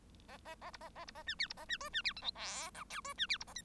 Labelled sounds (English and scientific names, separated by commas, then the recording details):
Bengalese Finch (Lonchura striata domestica) song
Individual Bird1